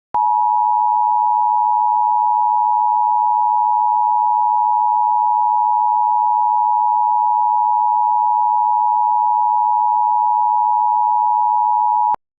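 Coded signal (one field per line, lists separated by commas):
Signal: Emergency Alert System (SAME) tones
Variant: 853 and 960 Hz attention tone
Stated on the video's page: Fictional EAS scenario tones about exploding arcade cabinets.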